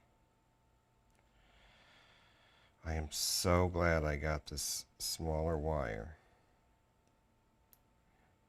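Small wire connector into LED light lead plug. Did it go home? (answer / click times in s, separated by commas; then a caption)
yes / 7.7 s. A small-wire plastic connector on the thinner light wiring is pushed into an LED light lead plug. Someone talks from about 2.9 to 6.1 seconds. A short, sharp click at 7.7 seconds shows the connector seated, giving the positive sense of security that the bigger wire never gave.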